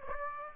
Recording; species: mosquito wingbeat signal from an infrared sensor; Aedes aegypti